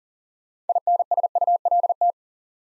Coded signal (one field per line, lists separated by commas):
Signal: Morse code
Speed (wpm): 41 wpm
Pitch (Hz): 700 Hz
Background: none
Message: INSULT